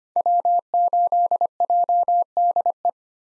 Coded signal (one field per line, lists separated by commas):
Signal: Morse code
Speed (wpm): 25 wpm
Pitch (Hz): 700 Hz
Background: none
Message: W8JDE